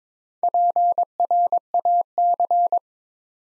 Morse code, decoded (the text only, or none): PRAC